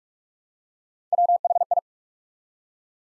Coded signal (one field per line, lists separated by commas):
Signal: Morse code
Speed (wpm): 44 wpm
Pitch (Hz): 700 Hz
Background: none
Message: WHI